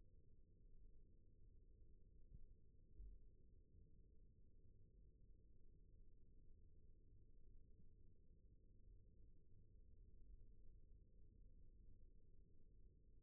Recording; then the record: forearm muscle sounds (acoustic myography)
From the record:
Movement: rest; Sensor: system 1, eight BSWA MPA416 microphones around the upper forearm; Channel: 4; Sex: female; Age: 21 years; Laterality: right